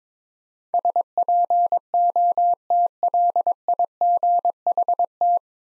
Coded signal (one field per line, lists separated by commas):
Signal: Morse code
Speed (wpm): 22 wpm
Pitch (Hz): 700 Hz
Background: none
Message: SPOTLIGHT